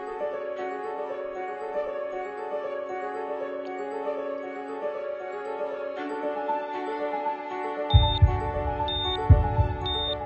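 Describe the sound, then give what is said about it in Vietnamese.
A patient heart monitor beeps in short, high, evenly spaced tones about once a second over a sustained tonal drone, joined near the end by low, dull thumping pulses, showing the patient's heart rate gradually stabilizing. “Âm thanh vang lên từ màn hình của máy monitor theo dõi bệnh nhân, cho thấy nhịp tim của người bệnh đang dần ổn định trở lại.”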